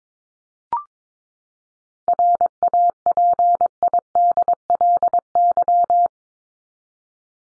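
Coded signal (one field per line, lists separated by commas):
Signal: Morse code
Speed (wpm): 22 wpm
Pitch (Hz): 700 Hz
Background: none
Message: RAPIDLY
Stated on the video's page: Morse head-copy drill of top 100 words ending in LY and their root words at 22 wpm, each sent, spoken, then sent again.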